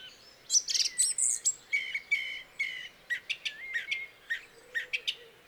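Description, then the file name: Eurasian blackcap song: bright warbled notes and short whistles in uneven bursts, over a faint steady background hiss. "Sylvia atricapilla"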